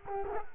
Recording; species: mosquito wingbeat signal from an infrared sensor; Culex quinquefasciatus